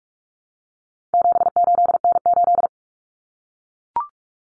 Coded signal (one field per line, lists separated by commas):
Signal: Morse code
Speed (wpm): 44 wpm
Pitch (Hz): 700 Hz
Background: none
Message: 78N8